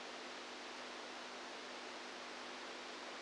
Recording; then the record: brain microelectrode recording played as sound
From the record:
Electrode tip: outside the subthalamic nucleus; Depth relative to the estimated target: -8 mm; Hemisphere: right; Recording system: NeuroSet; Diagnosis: Parkinson's disease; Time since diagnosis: 10 years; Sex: female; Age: 67 years